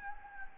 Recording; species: mosquito wingbeat signal from an infrared sensor; Anopheles gambiae